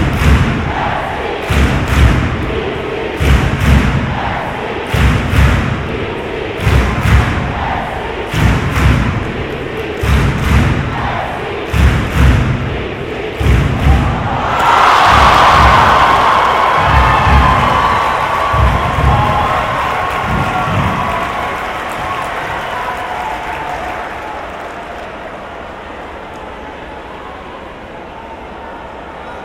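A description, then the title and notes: A stadium crowd claps and stamps in a steady rhythmic beat for the first fifteen seconds, each thump regular and heavy. Then the rhythm breaks into a broad roar of voices and cheering that slowly fades into a quieter murmur toward the end. Binaural soccer game, Portland Thorns vs Houston Dash. The lull between plays and between chants and songs in the stadium. This was recorded with binaural mics from the top of the cheap seats, away from people talking.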